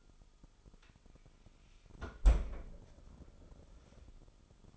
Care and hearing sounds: daily activity, microphone in the room; close fridge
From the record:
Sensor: 5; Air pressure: 988.5 hPa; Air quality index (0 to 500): 219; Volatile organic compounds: 124 ppm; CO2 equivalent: 3895 ppm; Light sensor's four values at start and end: 43/130/51/54 and 42/130/50/54

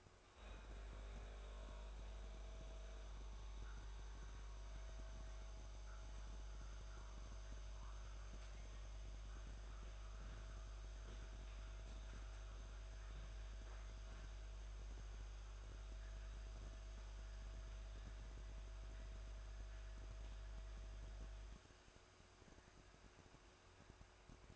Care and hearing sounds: daily activity, microphone in the room; make coffee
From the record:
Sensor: 2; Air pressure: 1004.1 hPa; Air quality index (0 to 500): 192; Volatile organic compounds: 11 ppm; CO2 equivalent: 2296 ppm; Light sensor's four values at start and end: 4/11/4/4 and 4/11/4/4

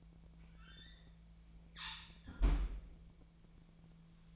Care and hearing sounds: daily activity, microphone in the room; close fridge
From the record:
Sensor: 1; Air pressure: 1009.7 hPa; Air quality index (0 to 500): 192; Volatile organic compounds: 19 ppm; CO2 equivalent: 2641 ppm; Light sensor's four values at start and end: 29/74/31/37 and 30/76/31/38

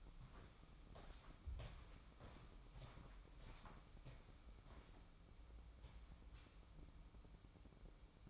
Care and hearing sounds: daily activity, microphone in the room; walk to room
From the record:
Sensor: 1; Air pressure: 1008.2 hPa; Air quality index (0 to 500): 140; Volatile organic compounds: 2 ppm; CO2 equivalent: 1173 ppm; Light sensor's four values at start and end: 8/19/8/8 and 9/22/9/9

